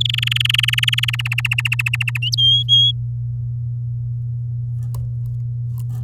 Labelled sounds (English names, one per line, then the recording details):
Domestic Canary song
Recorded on 10 May 2018 at 12:59
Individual llb16